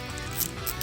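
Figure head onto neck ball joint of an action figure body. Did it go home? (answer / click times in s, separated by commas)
no / none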